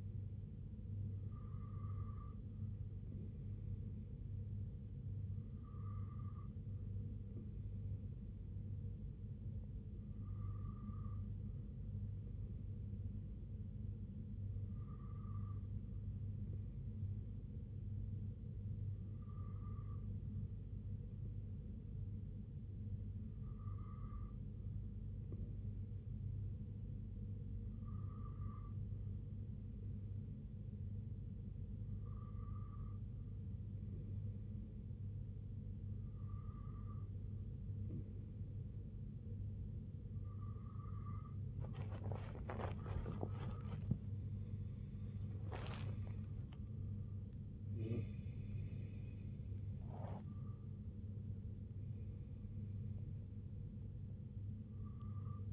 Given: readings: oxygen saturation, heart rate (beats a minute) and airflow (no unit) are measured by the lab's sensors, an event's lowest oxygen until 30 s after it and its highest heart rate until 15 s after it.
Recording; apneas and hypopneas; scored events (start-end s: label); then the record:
breathing in sleep by a smartphone at the bedside; 1
22.00-44.30 s: hypopnea (N2, oxygen 93% highest, then 92% lowest, heart rate 65 at the start, 84 highest)
35.00-55.53 s: new sleep stage, N1 (lightest sleep)
From the record:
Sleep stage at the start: N2 (light sleep); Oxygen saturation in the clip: 92 to 93%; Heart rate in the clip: 63 to 84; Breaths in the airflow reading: 13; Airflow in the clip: -8.1 to 5.7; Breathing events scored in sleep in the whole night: 258 in 7.4 hours asleep